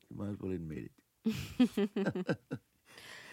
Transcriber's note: laughter